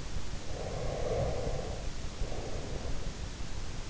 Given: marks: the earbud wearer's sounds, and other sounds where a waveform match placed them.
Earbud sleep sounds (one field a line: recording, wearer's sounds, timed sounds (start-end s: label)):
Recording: sounds in sleep by an in-ear microphone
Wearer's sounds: breath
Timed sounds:
0.31-3.78 s: breath